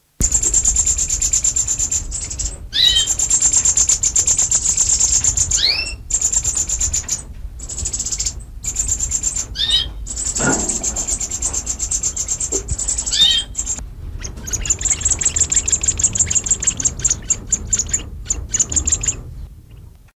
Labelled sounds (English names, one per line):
Fieldfare begging call